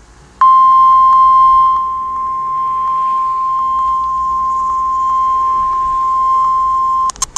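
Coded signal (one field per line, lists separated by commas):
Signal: Emergency Alert System (SAME) tones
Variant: 1050 Hz attention tone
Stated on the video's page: Real EAS Severe Thunderstorm Warning alert tones.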